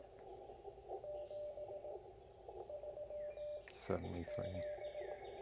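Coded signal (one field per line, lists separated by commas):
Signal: Morse code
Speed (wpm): 18 wpm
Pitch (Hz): 590 Hz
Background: speech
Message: 7 3 7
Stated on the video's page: Portable HF station with an ICOM 7300 and a Bencher key, used for point-to-point emergency communication.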